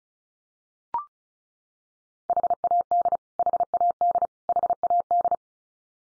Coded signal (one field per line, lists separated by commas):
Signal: Morse code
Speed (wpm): 34 wpm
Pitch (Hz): 700 Hz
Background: none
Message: HAD HAD HAD